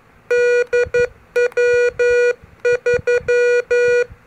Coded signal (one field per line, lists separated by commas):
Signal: Morse code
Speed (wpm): 11 wpm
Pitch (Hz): 480 Hz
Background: music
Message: DW3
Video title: Morse Code for Beginners | How To Call CQ in CW Mode Ham Radio | Pocket CW Keyer MFJ-403